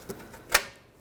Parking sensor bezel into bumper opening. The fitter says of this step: locks in place.